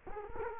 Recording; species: mosquito wingbeat signal from an infrared sensor; Culex quinquefasciatus